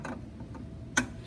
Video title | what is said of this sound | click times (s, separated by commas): Measuring with a Triple Beam Balance | When you slide it, you will feel it click into place with no movement. | 1.0 s